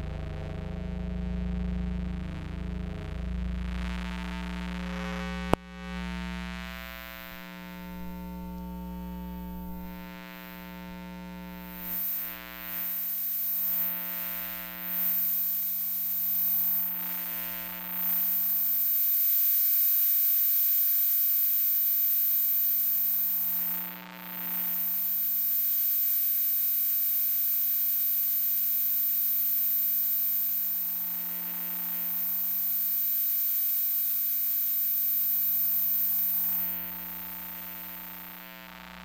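Electromagnetic hum and buzz from household electronics: steady tonal drone, a sharp click near six seconds, then brighter hissing static fluctuating throughout.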